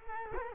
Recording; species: mosquito wingbeat signal from an infrared sensor; Culex quinquefasciatus